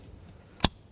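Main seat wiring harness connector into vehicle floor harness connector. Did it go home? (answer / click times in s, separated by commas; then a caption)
yes / 0.6 s. During seat installation on a 2007 Chevy Silverado Classic seat cushion replacement, the main seat wiring harness plug is pushed into the vehicle floor harness connector under the seat. After a quiet low hum, a single sharp, short click sounds at 0.7 s as the connector latches and seats.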